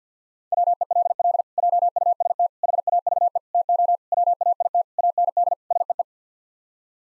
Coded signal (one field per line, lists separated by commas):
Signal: Morse code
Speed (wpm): 50 wpm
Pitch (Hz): 700 Hz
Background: none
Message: WELL JUST HAVE TO WAIT AND SEE